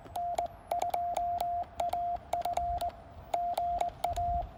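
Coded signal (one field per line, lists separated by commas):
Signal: Morse code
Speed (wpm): 20 wpm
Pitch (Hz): 700 Hz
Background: radio noise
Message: N2AF GA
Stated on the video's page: QRP CW park activation on 20 and 40 m with QCX transceivers, a 30-foot vertical, and a paddle used as a cootie.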